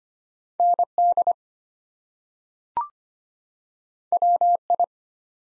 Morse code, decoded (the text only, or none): ND WI